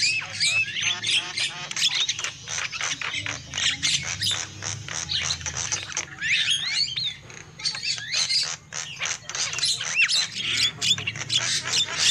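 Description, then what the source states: Lovebirds squawking almost nonstop, a harsh buzzy stream of high chirps and screeches over a faint low hum. Lure call used for trapping birds.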